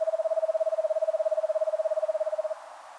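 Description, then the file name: Eastern screech owl trill, a steady, even run of rapid low whistled notes on one pitch lasting about two and a half seconds, then quiet hiss. "Eastern Screech Owl Megascops asio"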